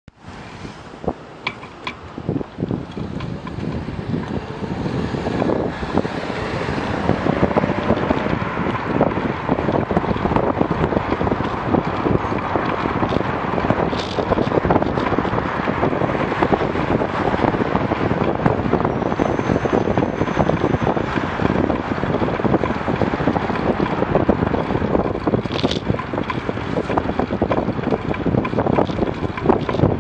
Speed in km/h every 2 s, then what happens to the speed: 9, 15, 19, 21, 23, 25, 25, 24, 24, 25, 24, 23, 22, 24, 24.
0-9 speeds up to 25. 9-30 steady at about 24.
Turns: none.